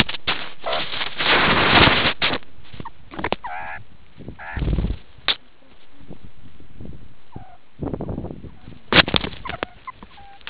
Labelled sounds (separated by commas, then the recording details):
meerkat social call, meerkat short note
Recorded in the Kuruman River Reserve, South Africa
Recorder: an audio tag on a meerkat's collar